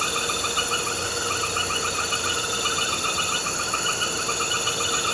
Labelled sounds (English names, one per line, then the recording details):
none
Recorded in pastures near Puerto Asís, Putumayo, Colombia, on 4 March 2025 at 22:00
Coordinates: 0.466, -76.322
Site CSA-02